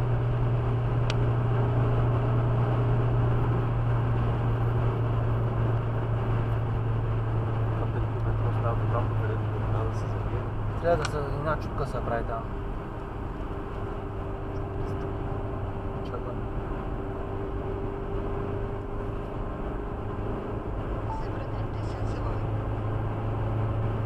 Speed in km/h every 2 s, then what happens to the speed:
112, 112, 109, 105, 101, 96, 93, 93, 91, 96, 99, 103.
0-14 slows to 93. 14-24 speeds up to 103.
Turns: none.